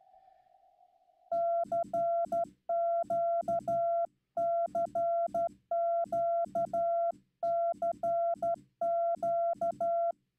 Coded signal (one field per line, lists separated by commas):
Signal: Morse code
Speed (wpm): 12 wpm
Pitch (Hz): 680 Hz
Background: none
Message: CQ CQ CQ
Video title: Humiliating moment Live from Straight Key Night - Slow CW QSO